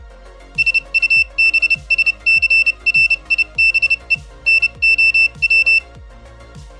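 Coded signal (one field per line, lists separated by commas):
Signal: Morse code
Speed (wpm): 30 wpm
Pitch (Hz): 2650 Hz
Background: music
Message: SUBSCRIBE NOW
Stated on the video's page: Morse sent from a pocket ESP32-based trainer with a buzzer and LED indicators.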